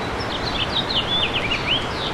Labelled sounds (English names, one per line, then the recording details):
House Finch song
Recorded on Long Island, New York, on 8 May 2012
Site VS
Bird A